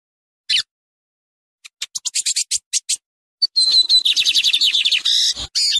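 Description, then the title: Lined seedeater song opening with a lone sharp note, then a series of spaced high notes, then a dense, rapid run of high notes. Singing live; a song-tutor bird used to teach other birds. "Bigode Gavião Negro Professor De Canto Cantando Ao Vivo Com Cascata"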